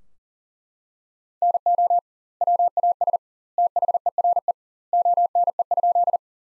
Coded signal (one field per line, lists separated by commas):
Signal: Morse code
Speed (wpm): 40 wpm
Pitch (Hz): 700 Hz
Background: none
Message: NO WAS THERE ONE?